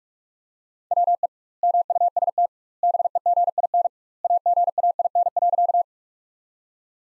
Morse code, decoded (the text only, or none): WE MUST BEGIN AGAIN.